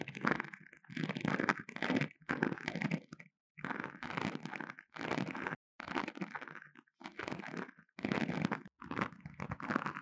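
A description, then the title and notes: Intense scratching comes in dense bursts, each lasting under a second, separated by short silent breaks. About nine rough, crackly strokes arrive at a fairly regular pace, full and gritty from low rumble up to bright hiss, with no other sounds behind them. Intense Brain Scratching. No Talking.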